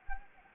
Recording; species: mosquito wingbeat signal from an infrared sensor; Anopheles gambiae